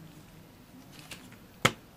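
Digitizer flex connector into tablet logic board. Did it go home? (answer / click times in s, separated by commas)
yes / 1.7 s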